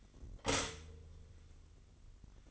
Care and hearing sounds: daily activity, microphone in the room; stop toaster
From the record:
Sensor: 4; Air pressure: 1002.7 hPa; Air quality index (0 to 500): 234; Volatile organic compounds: 16 ppm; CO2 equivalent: 2537 ppm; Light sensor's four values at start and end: 21/73/27/27 and 20/66/25/24

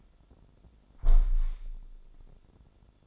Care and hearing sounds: daily activity, microphone in the room; close window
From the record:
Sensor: 5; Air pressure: 1006.7 hPa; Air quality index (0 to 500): 191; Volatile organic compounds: 5 ppm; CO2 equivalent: 1823 ppm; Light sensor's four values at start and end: 57/162/63/64 and 57/162/63/64

